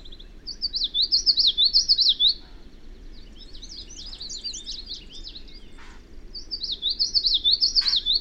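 Bird song with bright, high, looping warbled phrases at the start and end, quieter scattered notes between, two short clicks, and low background hum.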